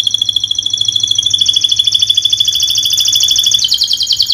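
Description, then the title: Canary song: one unbroken, very rapid high trill that shifts slightly in pitch partway through. Vigorous canary singer ('gacor') praised for the best 'cengkok' song phrasing and the most luxurious 'isian' fill-in notes; Indonesian songbird-keeping (kicaumania) context. "Kenari Gacor Cengkok Terbaik Isian Paling Mewah Kenarigacor Kicaumania Kenari"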